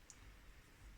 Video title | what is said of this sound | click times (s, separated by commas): Build a Beast 6S Freestyle FPV Drone for 220$! 2023 Tutorial | they just installing the mmcx antenna like this it will pop into its place you can hear the click | 0.1 s